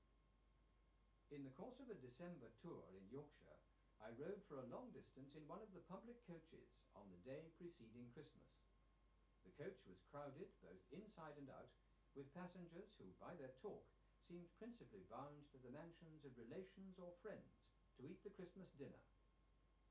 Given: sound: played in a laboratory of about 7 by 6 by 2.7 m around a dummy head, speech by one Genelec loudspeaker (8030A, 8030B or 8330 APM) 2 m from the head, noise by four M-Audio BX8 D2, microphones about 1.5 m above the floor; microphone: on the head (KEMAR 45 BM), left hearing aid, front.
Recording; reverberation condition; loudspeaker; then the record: male speech in English; low; 60 degrees to the right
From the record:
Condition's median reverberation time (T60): about 310 ms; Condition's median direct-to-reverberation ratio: about 3.5 dB